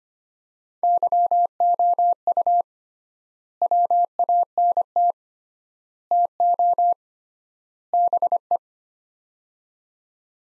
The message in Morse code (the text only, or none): YOU WANT TO BE